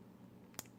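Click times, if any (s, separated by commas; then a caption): 0.6 s. A screw cap on a new plastic e-liquid bottle is twisted open, breaking its tamper-evident safety ring. A sharp pop is heard at 0.6 s, with a faint tick just before it, and the safety ring is then loose.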